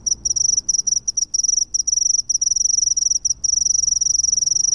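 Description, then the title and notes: Cricket chirps, high and rapid, broken into short bursts early on, then settling into a longer unbroken pulsing trill toward the end. "Grillo by Kellyn Parra Garcia"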